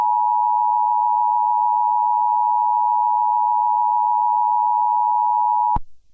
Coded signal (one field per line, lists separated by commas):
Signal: Emergency Alert System (SAME) tones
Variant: 853 and 960 Hz attention tone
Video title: EAS scenario: Chicken jockey